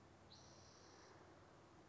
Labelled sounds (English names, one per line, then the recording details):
Spotted Towhee
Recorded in Sonoma County, California